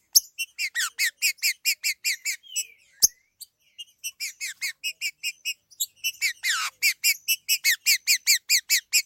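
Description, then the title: Green-winged saltator repeating loud, bright chirped notes more than twice a second, pausing briefly midway, with one sharp click. "Trinca Ferro"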